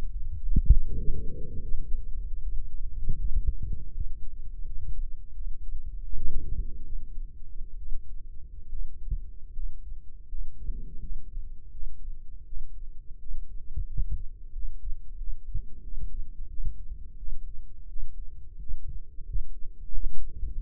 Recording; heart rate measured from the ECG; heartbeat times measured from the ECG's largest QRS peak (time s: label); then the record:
heart sounds by microphone in the left ear; 83 bpm
0.41 s: heartbeat
0.97 s: heartbeat
1.62 s: heartbeat
2.42 s: heartbeat
3.18 s: heartbeat
3.94 s: heartbeat
4.66 s: heartbeat
5.35 s: heartbeat
6.04 s: heartbeat
6.84 s: heartbeat
7.77 s: heartbeat
8.69 s: heartbeat
9.53 s: heartbeat
10.29 s: heartbeat
11.00 s: heartbeat
11.71 s: heartbeat
12.45 s: heartbeat
13.18 s: heartbeat
13.86 s: heartbeat
14.52 s: heartbeat
15.17 s: heartbeat
15.81 s: heartbeat
16.47 s: heartbeat
17.16 s: heartbeat
17.87 s: heartbeat
18.58 s: heartbeat
19.25 s: heartbeat
19.90 s: heartbeat
20.54 s: heartbeat
From the record:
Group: healthy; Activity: Valsalva maneuver 0-1 s, rest 1-21 s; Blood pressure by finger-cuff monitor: 120/79 mmHg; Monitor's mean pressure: 91 mmHg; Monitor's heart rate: 84 bpm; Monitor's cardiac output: 6.8 L/min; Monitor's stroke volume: 83 mL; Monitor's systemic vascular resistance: 990 dyn s/cm5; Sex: male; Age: 19 years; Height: 178 cm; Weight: 83 kg